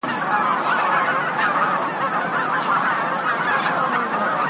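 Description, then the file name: Bean goose flock: many birds calling at once in an even, unbroken chorus of nasal honks. "hisikui"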